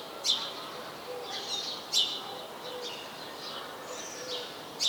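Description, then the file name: House sparrow giving a few short, sharp chirps, with quieter twittering behind. "Passer domesticus"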